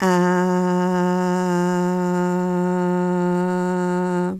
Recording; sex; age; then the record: sustained vowel /a/; female; 50 to 59 years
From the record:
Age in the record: 55 years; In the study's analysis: included